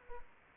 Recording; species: mosquito wingbeat signal from an infrared sensor; Aedes aegypti